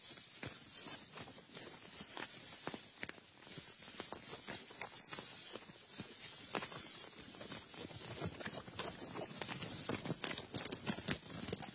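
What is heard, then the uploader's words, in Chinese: Clothing rubs and rustles continuously for the whole twelve seconds, a dense, bright, hissing friction. Quick scrapes and swishes come in rapid, irregular succession, with slightly sharper bursts around the third, sixth and eleventh seconds, while the overall level stays fairly even. 衣服摩擦。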